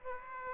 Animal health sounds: mosquito wingbeat signal from an infrared sensor; Aedes aegypti

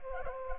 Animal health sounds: mosquito wingbeat signal from an infrared sensor; Culex pipiens

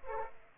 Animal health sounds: mosquito wingbeat signal from an infrared sensor; Culex pipiens

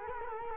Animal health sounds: mosquito wingbeat signal from an infrared sensor; Culex quinquefasciatus

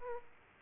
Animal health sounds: mosquito wingbeat signal from an infrared sensor; Aedes aegypti

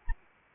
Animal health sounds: mosquito wingbeat signal from an infrared sensor; Anopheles arabiensis

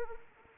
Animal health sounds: mosquito wingbeat signal from an infrared sensor; Anopheles arabiensis

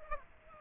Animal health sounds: mosquito wingbeat signal from an infrared sensor; Aedes aegypti

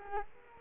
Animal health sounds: mosquito wingbeat signal from an infrared sensor; Culex quinquefasciatus

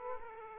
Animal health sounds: mosquito wingbeat signal from an infrared sensor; Aedes aegypti

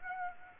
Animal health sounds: mosquito wingbeat signal from an infrared sensor; Aedes aegypti

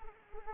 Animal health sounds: mosquito wingbeat signal from an infrared sensor; Anopheles arabiensis

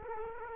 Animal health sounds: mosquito wingbeat signal from an infrared sensor; Culex quinquefasciatus

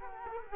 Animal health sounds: mosquito wingbeat signal from an infrared sensor; Culex quinquefasciatus

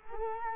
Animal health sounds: mosquito wingbeat signal from an infrared sensor; Culex quinquefasciatus

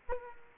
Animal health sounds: mosquito wingbeat signal from an infrared sensor; Culex quinquefasciatus

